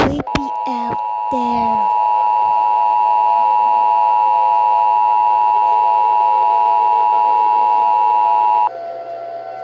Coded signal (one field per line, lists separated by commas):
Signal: Emergency Alert System (SAME) tones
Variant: 853 and 960 Hz attention tone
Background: speech